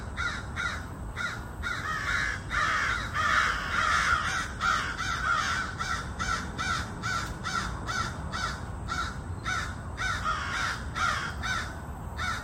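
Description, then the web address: Crow caws, rough and grating, given in rapid clusters with brief gaps, rising to a louder, busier burst around the middle, steady low-frequency rumble underneath. Crows harassing a great horned owl. "scoutisland. crows harassing great horned owl"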